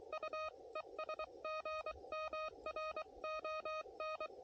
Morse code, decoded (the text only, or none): U ES GM RON